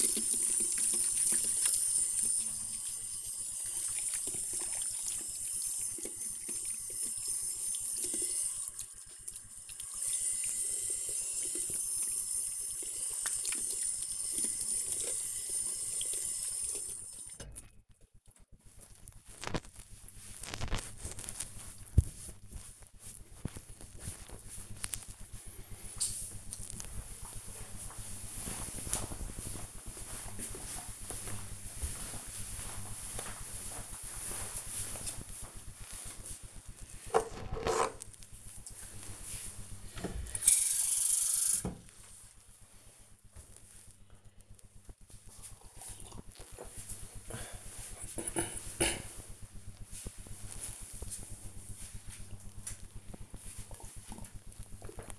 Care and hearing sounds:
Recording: household activities, microphone on the right wrist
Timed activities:
0.00-17.37 s: washing hands
35.51-55.19 s: drinking

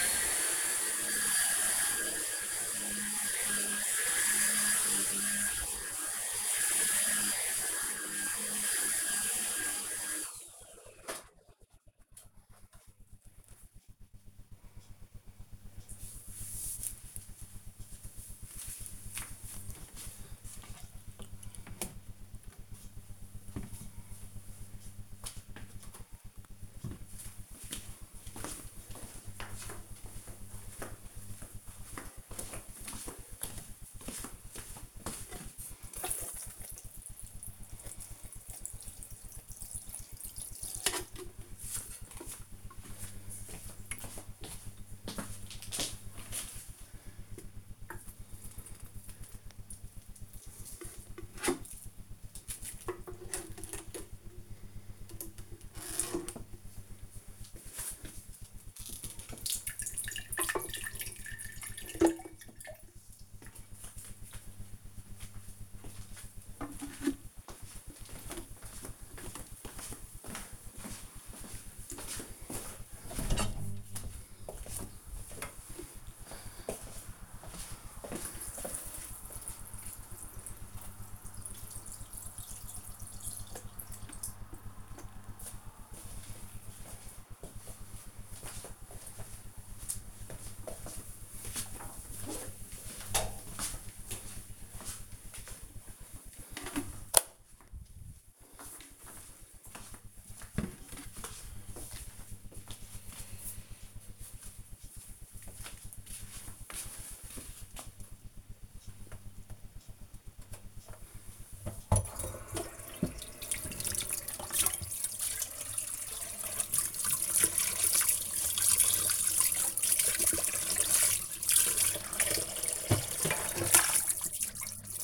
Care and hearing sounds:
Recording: household activities, microphone on the right wrist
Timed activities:
0.00-11.18 s: vacuum cleaning
25.30-85.79 s: watering plant
109.95-125.04 s: washing dishes

